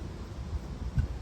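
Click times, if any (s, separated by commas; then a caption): none. A bike rack arm or strap on a Thule T2 Pro XTR is handled after being brought all the way down, about to be clipped back into its stowed holder. Only faint low rumbling and soft handling noise are heard, with slight bumps near 0.5 and 1.0 seconds. Nothing has seated or clicked yet.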